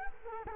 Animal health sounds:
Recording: mosquito wingbeat signal from an infrared sensor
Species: Culex quinquefasciatus

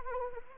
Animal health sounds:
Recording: mosquito wingbeat signal from an infrared sensor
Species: Anopheles arabiensis

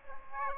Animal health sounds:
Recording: mosquito wingbeat signal from an infrared sensor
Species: Aedes aegypti

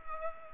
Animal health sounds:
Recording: mosquito wingbeat signal from an infrared sensor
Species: Culex pipiens

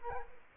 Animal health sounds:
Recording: mosquito wingbeat signal from an infrared sensor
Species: Culex quinquefasciatus

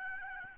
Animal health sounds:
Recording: mosquito wingbeat signal from an infrared sensor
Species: Aedes albopictus

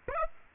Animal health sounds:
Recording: mosquito wingbeat signal from an infrared sensor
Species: Aedes aegypti

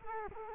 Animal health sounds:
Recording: mosquito wingbeat signal from an infrared sensor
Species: Culex quinquefasciatus

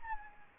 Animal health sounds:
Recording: mosquito wingbeat signal from an infrared sensor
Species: Anopheles gambiae

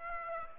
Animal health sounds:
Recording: mosquito wingbeat signal from an infrared sensor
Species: Aedes aegypti

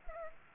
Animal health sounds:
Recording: mosquito wingbeat signal from an infrared sensor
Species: Aedes aegypti

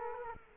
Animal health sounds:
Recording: mosquito wingbeat signal from an infrared sensor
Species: Culex quinquefasciatus

